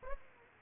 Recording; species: mosquito wingbeat signal from an infrared sensor; Aedes aegypti